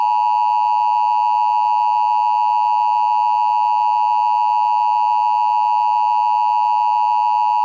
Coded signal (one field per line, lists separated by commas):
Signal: Emergency Alert System (SAME) tones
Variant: 853 and 960 Hz attention tone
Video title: EAS Mock - Walk of Fame Massacre